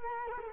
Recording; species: mosquito wingbeat signal from an infrared sensor; Culex quinquefasciatus